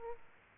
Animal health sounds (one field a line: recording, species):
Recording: mosquito wingbeat signal from an infrared sensor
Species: Aedes aegypti